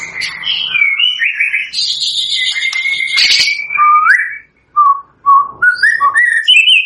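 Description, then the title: White-rumped shama song of varied whistles including one long steady whistled note, followed by short spaced upslurred phrases. Lure song used for trapping (pikat); lively singing bird (gacor). "PANCINGAN MURAI BATU GACOR"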